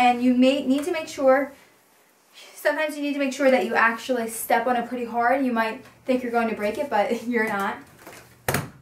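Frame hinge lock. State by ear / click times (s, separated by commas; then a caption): seated / 8.5 s. Someone talks while stepping hard on the center hinge of an Arm's Reach co-sleeper bassinet's bottom frame to push it flat. At 8.5 s a sharp, hard click is heard as the hinge locks flat and the frame joint seats.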